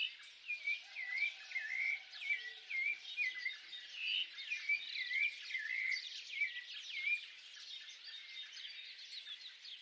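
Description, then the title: Birds singing in a dawn chorus, several overlapping whistled phrases and quick chirps. At dawn. "Pássaros Cantando No Amanhecer"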